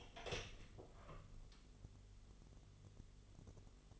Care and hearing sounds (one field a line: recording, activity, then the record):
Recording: daily activity, microphone in the room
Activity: open door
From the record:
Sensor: 4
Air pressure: 1016.1 hPa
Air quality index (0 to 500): 210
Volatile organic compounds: 13 ppm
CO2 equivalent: 2399 ppm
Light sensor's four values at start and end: 9/20/8/7 and 9/20/8/7